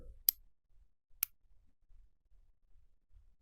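Three of five pins in a pin-tumbler practice lock have been set with a pick, and the tension wrench is eased off so the set pin stacks drop back down into their holes. Sharp, bright clicks ring out at 0.3 s and 1.2 s over a faint low rumble as the pins are released.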